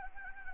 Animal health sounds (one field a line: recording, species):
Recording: mosquito wingbeat signal from an infrared sensor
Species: Anopheles gambiae